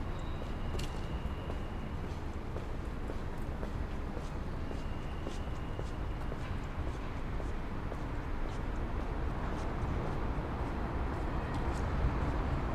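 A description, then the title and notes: Steady, dense hubbub of a Dutch city square, with low traffic rumble and indistinct voices blending throughout. Short sharp clicks and knocks punctuate the mix every second or so, and a thin high tone appears briefly near the start and around six seconds. Field recordings and lovely sounds from a Dutch city square.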